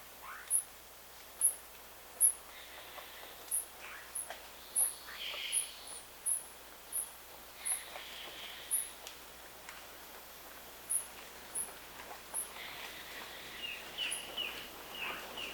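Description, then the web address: Bird repeating short, very high chirps at an uneven pace, with a longer pause before the last few notes, over a soft background hiss. "BIRD 2015 SABIOD"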